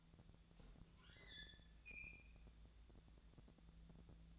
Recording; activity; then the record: daily activity, microphone in the room; open fridge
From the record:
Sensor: 3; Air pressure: 1000.0 hPa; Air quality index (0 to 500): 132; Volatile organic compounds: 2 ppm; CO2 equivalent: 1180 ppm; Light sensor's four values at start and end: 37/95/40/44 and 37/94/40/44